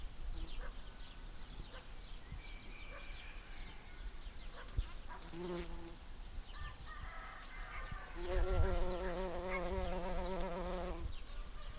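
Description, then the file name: Bumblebee buzz: a low droning hum heard briefly, then a steadier, slightly wavering buzz for about three seconds over constant hissing background noise. "Bumblebee Village"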